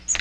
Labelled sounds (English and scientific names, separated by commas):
Magnolia Warbler (Setophaga magnolia) flight call